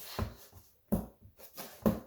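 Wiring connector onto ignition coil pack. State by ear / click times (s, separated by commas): seated / 0.9 s, 1.9 s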